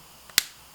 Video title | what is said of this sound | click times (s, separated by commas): Wing Sung 233 Fountain Pen Review | a pretty satisfying snap and it stays on well so | 0.4 s